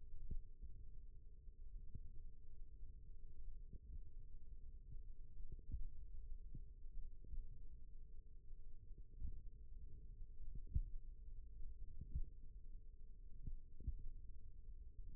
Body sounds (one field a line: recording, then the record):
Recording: forearm muscle sounds (acoustic myography)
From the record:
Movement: finger pinch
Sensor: system 1, eight BSWA MPA416 microphones around the upper forearm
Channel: 2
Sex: female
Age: 21 years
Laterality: right